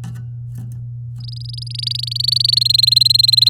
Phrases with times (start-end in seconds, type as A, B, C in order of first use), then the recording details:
1.20-2.55 A, 2.56-3.49 B. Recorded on 7 May 2018 at 05:34. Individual llb16